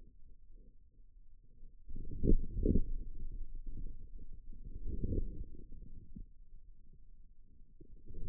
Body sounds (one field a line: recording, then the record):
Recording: forearm muscle sounds (acoustic myography)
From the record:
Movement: outward rotation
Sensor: system 2, bracelet of six BSWA MPA416 microphones around the upper forearm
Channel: 1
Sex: male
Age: 22 years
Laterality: right